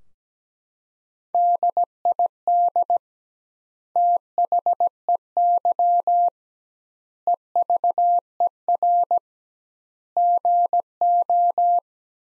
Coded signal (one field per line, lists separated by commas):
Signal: Morse code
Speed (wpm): 17 wpm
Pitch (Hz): 700 Hz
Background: none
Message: DID THEY EVER GO